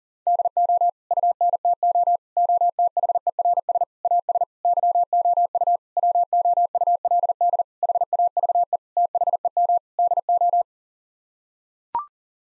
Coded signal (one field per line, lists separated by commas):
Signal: Morse code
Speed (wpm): 37 wpm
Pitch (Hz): 700 Hz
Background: none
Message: DO UNTO OTHERS AS YOU WOULD HAVE THEM DO